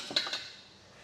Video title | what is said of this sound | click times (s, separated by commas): Install: RockyMounts AfterParty Swing Away Bike Rack for 2 Bikes on a 2021 Jeep Wrangler 4xe | the one pin should click into place | 0.2 s